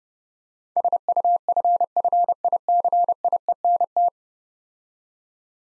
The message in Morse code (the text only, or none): SUFFICIENT